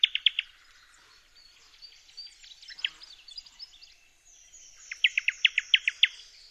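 Newtonia calls, short bursts of quick sharp chipping notes at start and end, with softer twittering and high thin notes in the middle.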